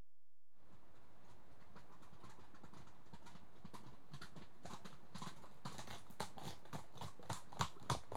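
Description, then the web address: Horses cantering, hoofbeats starting faint after a brief silence and growing louder and sharper as they draw closer. Two horses cantering on approach. "BBC Sound Effects Library BBC 37-Horses. Two horses canter on approach"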